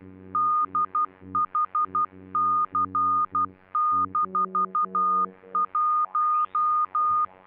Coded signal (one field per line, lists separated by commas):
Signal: Morse code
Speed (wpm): 12 wpm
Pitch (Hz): 1220 Hz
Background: music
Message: DHC-1